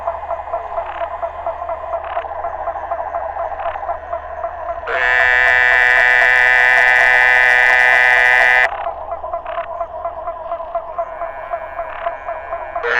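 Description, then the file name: Muller's termite frog calling, a loud harsh bleating buzz held for nearly four seconds, set against a steady chorus of fainter pulsed calls before and after. "Dermatonotus muelleri"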